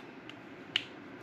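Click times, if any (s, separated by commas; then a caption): 0.8 s. A cap is pushed onto the body of a filled fountain pen until it snaps shut. A faint tick at 0.3 s is followed by a sharp, loud snap at 0.8 s over a quiet background. The cap seats on the pen.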